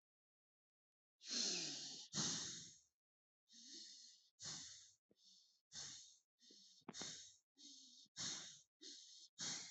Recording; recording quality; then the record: shallow breathing; excellent, no background noise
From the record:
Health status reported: healthy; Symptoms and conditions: none ticked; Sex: male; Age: 22 years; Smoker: not ticked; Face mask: not worn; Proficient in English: yes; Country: India